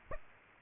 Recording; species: mosquito wingbeat signal from an infrared sensor; Aedes aegypti